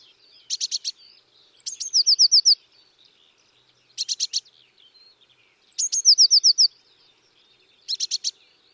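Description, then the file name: Eurasian Blue Tit phrases of a high note and quick trill, alternating with short clicky bursts of three or four notes. "Cyanistes caeruleus"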